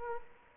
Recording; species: mosquito wingbeat signal from an infrared sensor; Culex quinquefasciatus